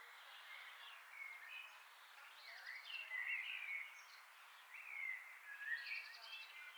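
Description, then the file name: Common blackbird song: a faint series of short warbling phrases, rising and falling, repeated over several seconds against background hiss. "Turdus merula"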